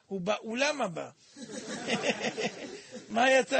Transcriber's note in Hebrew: צוחק